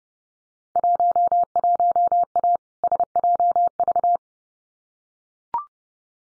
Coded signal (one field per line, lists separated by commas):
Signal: Morse code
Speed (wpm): 30 wpm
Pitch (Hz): 700 Hz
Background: none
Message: 11A SJV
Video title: Field Day Exchange Encore 30wpm